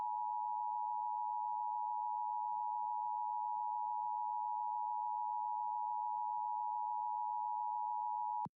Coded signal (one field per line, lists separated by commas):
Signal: Emergency Alert System (SAME) tones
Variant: 853 and 960 Hz attention tone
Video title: LIVE AM/MW DX: DX Central Live - S. 3, Ep. 18 | Friday, February 24, 2023